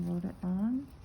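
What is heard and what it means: A needle driver is handled while being loaded with a small suture needle, its metal ratchet not yet closed to the first notch. Someone talks throughout, and nothing has clicked or locked yet.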